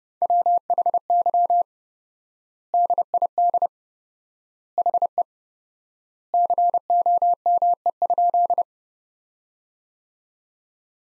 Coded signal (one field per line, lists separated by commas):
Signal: Morse code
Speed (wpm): 30 wpm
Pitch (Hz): 700 Hz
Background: none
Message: WHY DID HE COME?